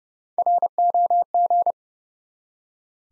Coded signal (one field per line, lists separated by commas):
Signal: Morse code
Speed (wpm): 31 wpm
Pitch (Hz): 700 Hz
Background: none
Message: ROG